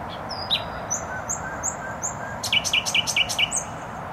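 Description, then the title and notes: Nightingale song: several long, level whistled notes in a row, then a loud series of repeated sharp notes and a final whistle, with road noise underneath. Singing in bushes close to a noisy motorway (Trasa Toruńska), Bródno-Podgrodzie, Warsaw, Poland; recorded with an Olympus LS-11. "Bródno-Podgrodzie, Warszawa, Polska - Trasa Toruńska Nightingale. nightingale singing in bushes close to noisy motorway. Recorder: Olympus LS-11"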